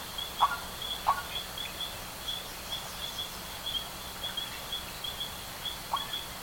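Bird calls: short, thin, high chirps repeated irregularly, with a few lower clipped notes, over a steady background hiss.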